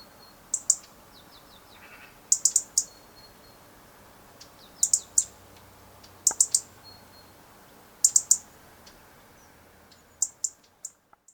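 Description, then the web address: European robin giving sharp, high ticking calls in quick bursts of two to four, repeated every two seconds or so over quiet background. "SETE Erithacus rubecula"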